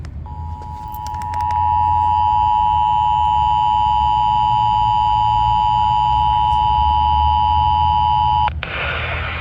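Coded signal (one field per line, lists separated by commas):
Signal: Emergency Alert System (SAME) tones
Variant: 853 and 960 Hz attention tone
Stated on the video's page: Florida Required Monthly Test of the Emergency Alert System.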